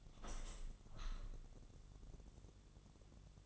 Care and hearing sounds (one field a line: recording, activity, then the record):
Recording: daily activity, microphone in the room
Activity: open window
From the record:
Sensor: 4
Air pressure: 1001.2 hPa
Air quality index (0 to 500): 168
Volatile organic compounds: 2 ppm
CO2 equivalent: 1202 ppm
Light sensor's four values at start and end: 13/29/12/13 and 13/29/12/13